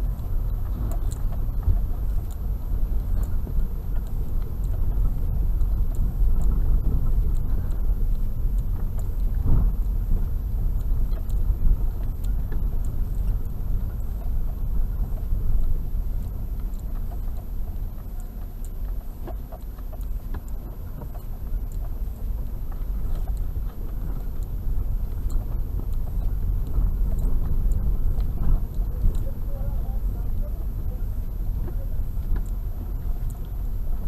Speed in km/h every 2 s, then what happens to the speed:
11, 16, 18, 17, 14, 13, 14, 12, 8, 6, 8, 9, 14, 16, 14, 13, 12.
0-4 speeds up to 18. 4-13 steady at about 14. 13-17 slows to 6. 17-25 speeds up to 16. 25-34 steady at about 13.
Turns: none.